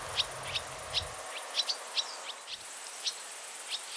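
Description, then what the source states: Barn Swallow flight calls, short sharp high 'fit' notes given singly and irregularly, several over four seconds, over a steady background hiss. Many flying over farmland during the harvest; single 'fit' calls; 12 August 2023.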